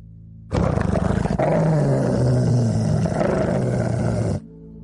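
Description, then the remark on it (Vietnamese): A black dog lets out a loud, deep, rumbling growl that swells into a snarling roar and holds for about four seconds before cutting off, with no voices around it. “Tiếng của con chó âm làm cho Bạch Thế Bảo giật mình tỉnh giấc”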